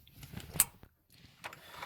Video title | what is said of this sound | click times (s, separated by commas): How to Replace an 'In-Tank' Fuel Filter on a Subaru | push them on until you hear a click | 0.6 s